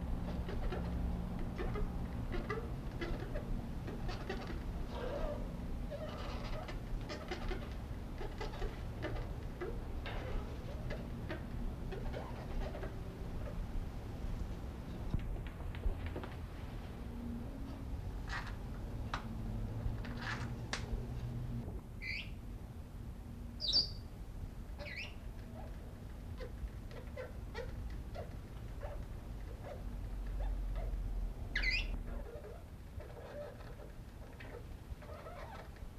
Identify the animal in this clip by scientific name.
Poicephalus senegalus